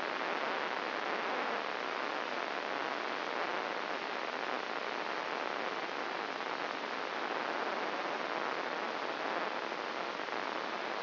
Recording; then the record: brain microelectrode recording played as sound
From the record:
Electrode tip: inside the subthalamic nucleus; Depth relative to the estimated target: 0 mm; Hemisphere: right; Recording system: AlphaMap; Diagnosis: Parkinson's disease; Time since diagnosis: 8 years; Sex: male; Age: 57 years